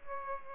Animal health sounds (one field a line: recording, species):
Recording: mosquito wingbeat signal from an infrared sensor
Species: Aedes aegypti